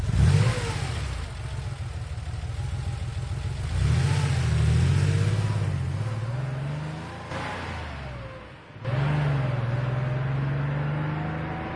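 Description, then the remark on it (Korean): A truck's heavy engine starts with a booming drone and revs, its low hum climbing in pitch and dropping back with each gear shift as the truck, carrying a family, pulls away steadily along a mountain road. No one speaks. “얼망졸망 절부지들과 늙은 부모님들 그리고 막내를 둘쳐 업은 내가 차에 오르자 부웅하는 발동 소리와 함께 트럭은 미끄러지듯 산골길을 달려갔다.”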